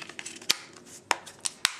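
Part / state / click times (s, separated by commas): battery door on a mobile hotspot / seated / 1.6 s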